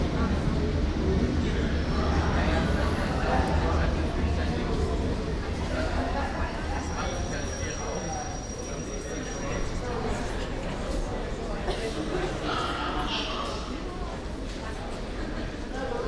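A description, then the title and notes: Inside a subway carriage, a steady low rumble of the moving train runs beneath overlapping chatter from passengers, with occasional faint squeals. U-Bahn Rathaus Neuköln - Alexanderplatz Berlin. The whole U-Bahn trip from Rathaus Neuköln to Alexanderplatz.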